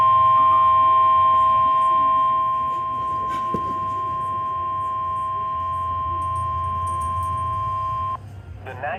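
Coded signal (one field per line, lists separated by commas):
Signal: Emergency Alert System (SAME) tones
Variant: 1050 Hz attention tone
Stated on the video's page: Real alerts captured on a phone.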